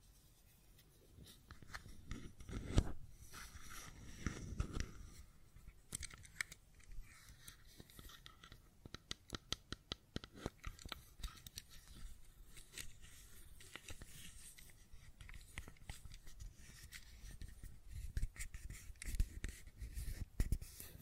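A fidget cube is tapped and clicked in quick, uneven bursts of small, sharp clicks with brief pauses between them. Two duller, lower knocks stand out near the start, and the clicking grows denser through the middle before easing toward the end.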